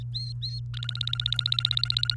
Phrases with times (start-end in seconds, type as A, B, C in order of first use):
0.13-0.60 A, 0.74-2.17 B